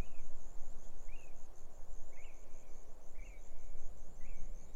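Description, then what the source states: Grasshopper stridulation as a continuous high pulsing buzz, while a bird gives short upslurred chirps about once a second over soft wind. Grasshoppers stridulating on a lukewarm autumn afternoon, 6 May 2015, arid Barrier Ranges near Broken Hill, Australian outback; wind in desert she-oaks, sparse bird song.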